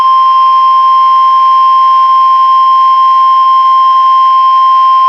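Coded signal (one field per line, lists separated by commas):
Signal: Emergency Alert System (SAME) tones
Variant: 1050 Hz attention tone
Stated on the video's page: Weather radio NWS Winter Storm Warning alert on station WXM99.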